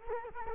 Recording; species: mosquito wingbeat signal from an infrared sensor; Culex quinquefasciatus